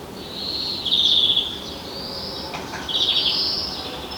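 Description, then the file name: European greenfinch calls in two bright twittering bursts, with a constant hiss underneath. "Chloris chloris"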